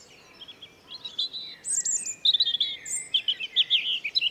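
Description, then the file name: European robin song of sweet, high twittering phrases that rise and fall, growing busier and louder in the second half, with faint background hiss. "Erithacus rubecula"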